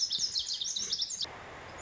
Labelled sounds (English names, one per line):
Lazuli Bunting